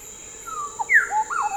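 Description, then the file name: Bird calls: a short series of clear whistled notes, a falling slur then a rising, a loud downslurred note and warbled rising-falling notes, over a steady high hiss. "SABIOD 50 bird 2015"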